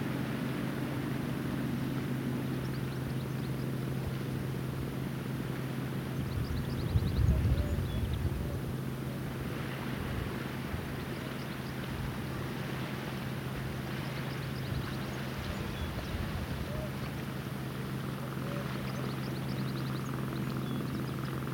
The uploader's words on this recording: A Gower headland while gulls call above and a tractor gathers hay. Listen to gulls as you sit on a headland overlooking the sea on the south Gower coast. Nearby a tractor bales hay as the last rays of afternoon sun light the fields.